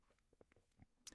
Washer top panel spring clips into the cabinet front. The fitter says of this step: You will hear and feel both spring clips snap into place. That click tells you the front is secured.